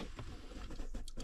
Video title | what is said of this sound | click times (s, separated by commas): 2019 VW Golf mk7.5 cabin air filter change | All you need to do is apply a little bit of pressure just so it pops out. You'll hear that little snap. | 1.1 s